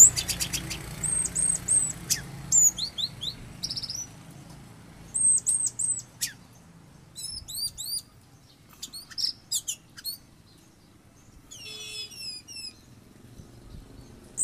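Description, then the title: Oriental magpie-robin song: varied high whistled phrases, trills and sweeping notes in bursts separated by short pauses, over a low background hum. "Kicau Kacer"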